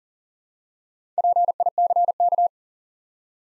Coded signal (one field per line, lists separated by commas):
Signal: Morse code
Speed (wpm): 40 wpm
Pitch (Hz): 700 Hz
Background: none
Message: PICK